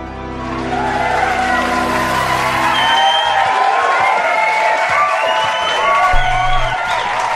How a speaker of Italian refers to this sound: Non ci posso credere, grazie a tutti per gli applausi, grazie, grazie veramente per l'entusiasmo